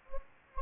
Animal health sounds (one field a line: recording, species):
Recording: mosquito wingbeat signal from an infrared sensor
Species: Anopheles gambiae